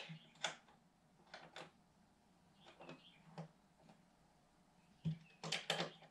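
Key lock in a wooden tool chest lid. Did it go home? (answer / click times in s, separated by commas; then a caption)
no / none. Someone repeatedly tries to turn the key in the lock on the lid of a wooden eight-drawer tool chest, making several small knocks and rattles around 0.5, 1.3–1.6 and 5.4–5.7 seconds. The lock fails to engage, and nothing has clicked or seated yet.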